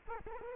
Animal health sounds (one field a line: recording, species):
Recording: mosquito wingbeat signal from an infrared sensor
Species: Culex quinquefasciatus